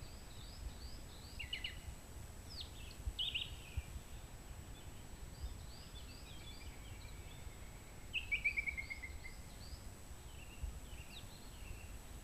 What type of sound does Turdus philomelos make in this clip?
song